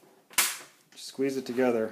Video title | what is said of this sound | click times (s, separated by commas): How to Install a SSD in an Acer ES1-511-C59V Laptop | this time all you really have to do is just push it until you hear it pop | 0.4 s